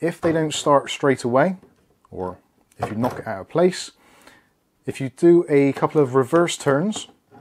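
Someone talks while handling a spring-loaded Deepcool AK400 CPU cooler mounting screw on an AMD AM4 motherboard backplate standoff, turning it backwards a couple of turns so the metal thread can drop into its start position before tightening. Nothing has clicked or seated yet by the end of the clip.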